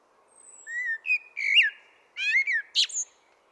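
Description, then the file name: Common blackbird song: a thin high note, slurred mellow whistles, then a short strained squeak at the close. "Turdus merula"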